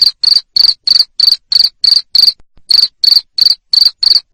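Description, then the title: Cricket song of rapid, shrill chirps, about three per second, with one short pause midway. Loud cricket chirping played to stimulate lovebirds to keep singing (ngekek). "Suara JANGKRIK NGERIK Keras Bikin LOVEBIRD Jadi NGEKEK Terus Vubey"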